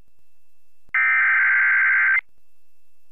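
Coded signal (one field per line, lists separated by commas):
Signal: Emergency Alert System (SAME) tones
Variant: header bursts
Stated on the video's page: NOAA Weather Radio tornado warning for Shreveport, Louisiana, shown with WeatherSTAR 4000.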